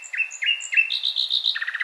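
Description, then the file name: Common nightingale song: a rich, fast phrase of repeated flat whistles, then higher notes and a quick rattling series of rapid, lower chips. "Luscinia megarhynchos"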